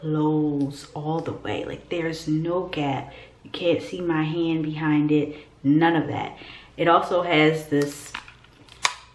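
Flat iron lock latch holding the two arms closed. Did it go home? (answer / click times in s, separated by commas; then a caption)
yes / 8.9 s. Someone talks while closing a plastic and metal KIPOZI Pro Nano Titanium flat iron and engaging the lock latch that holds its two arms closed. A few faint ticks lead to a sharp click at 8.9 s as the lock seats in place so the iron won't open.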